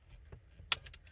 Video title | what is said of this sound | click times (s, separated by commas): How replace troubleshoot front power outlet socket cigarette lighter Ford Taurus X Mercury Lincoln | it'll click in place you'll hear it if it doesn't click in place you know you don't have something right | 0.7 s